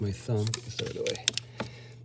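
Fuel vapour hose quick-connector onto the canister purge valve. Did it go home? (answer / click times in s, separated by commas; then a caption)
yes / 1.6 s. While replacing the canister purge valve on a Ford Focus to fix a P1450 code and engine stalling after refuelling, a plastic fuel vapour hose quick-connector is pressed onto the valve by thumb. Someone talks, and a sharp click at 1.6 s marks the connector locking into place, confirmed locked.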